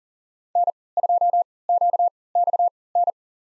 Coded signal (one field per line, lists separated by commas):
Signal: Morse code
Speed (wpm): 40 wpm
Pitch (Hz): 700 Hz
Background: none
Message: N2QXN